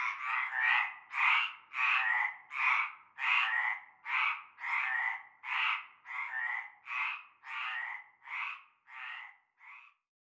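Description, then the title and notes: Chorus of frogs giving rasping croaks in a regular series, the calls thinning and fading out toward the end, then silence. Frog chorus starting at nightfall in a large concrete basin with stagnant greenish water, Avenue Cante Coucou, La Ciotat, Bouches-du-Rhône, France. "Avenue Cante Coucou, Groupède, La Ciotat, Marseille, Bouches-du-Rhône, Provence-Alpes-Côte d'Azur, France métropolitaine, 13600, France - cœur de grenouilles. Une grande vasque en béton, un fond d'eau verdâtre croupissant. et un cœur de grenouilles dès la nuit tombée"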